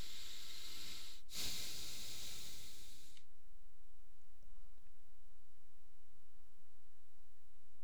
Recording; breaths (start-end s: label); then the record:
nose breathing near a microphone
0.00-1.17 s: inhalation
1.17-3.07 s: exhalation
From the record:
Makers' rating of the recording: medium